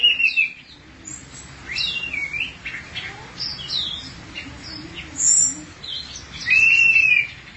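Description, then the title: Thrush singing a dense run of scratchy, chattering high notes that ends in a clear slurred whistle. "burung anis x"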